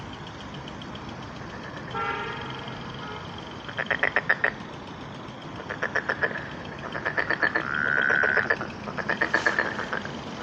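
Frogs call at a pond on a spring evening, in bursts of rapid, clicking pulse trains about every one to two seconds. A drawn-out, honking croak rises near the eighth second. A steady low rumble runs underneath throughout.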